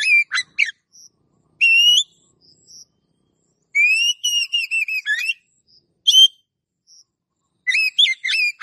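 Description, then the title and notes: Oriental magpie-robin song: bursts of clear whistled notes with bright overtones, rising and falling slurs, separated by short silent gaps. Long-duration kacer song used to train cage birds. "Master Kacer Durasi Panjang. Suara Masteran Burung Kacer Durasi Panjang"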